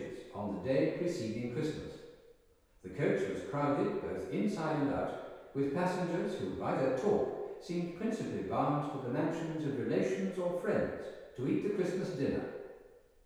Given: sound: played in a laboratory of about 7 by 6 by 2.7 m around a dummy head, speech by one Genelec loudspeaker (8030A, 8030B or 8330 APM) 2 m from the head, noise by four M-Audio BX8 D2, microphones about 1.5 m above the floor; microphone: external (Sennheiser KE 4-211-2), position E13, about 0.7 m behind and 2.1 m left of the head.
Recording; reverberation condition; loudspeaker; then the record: male speech in English; high; 30 degrees to the left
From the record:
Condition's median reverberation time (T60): about 1300 ms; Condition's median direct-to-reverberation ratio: about -4.0 dB